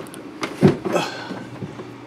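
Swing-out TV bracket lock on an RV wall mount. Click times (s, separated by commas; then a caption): 0.4 s. In a 2022 Palomino Puma 28DBFQ RV, the swing-out TV bracket on the wall mount is pushed back against the wall until its travel lock engages, so the TV won't flip or swing around while traveling. A sharp click at 0.4 s marks the lock catching, followed by a louder thud and rattling as the bracket settles. The bracket is locked in place.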